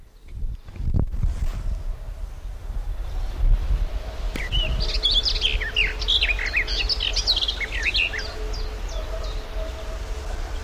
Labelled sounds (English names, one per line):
Garden Warbler song